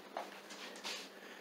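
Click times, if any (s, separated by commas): 0.2 s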